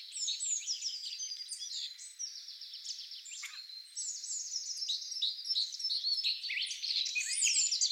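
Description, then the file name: Eurasian wren singing a dense, high, tumbling stream of sharp notes and trills. "Troglodytes troglodytes"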